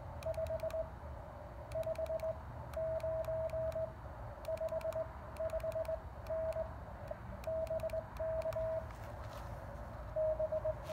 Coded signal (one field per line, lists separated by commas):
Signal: Morse code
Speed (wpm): 20 wpm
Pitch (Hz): 640 Hz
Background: radio noise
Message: 559 55N BK B